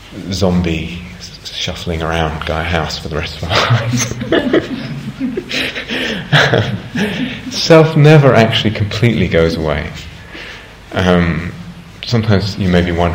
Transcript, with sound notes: zombie shuffling around Gaia House for the rest of our lives. [laughter] Self never actually completely goes away. Sometimes you may be wondering.